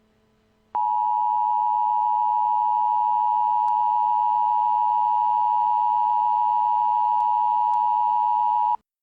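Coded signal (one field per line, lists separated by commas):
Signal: Emergency Alert System (SAME) tones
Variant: 853 and 960 Hz attention tone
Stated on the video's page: Fictional EAS scenario, not for real emergencies.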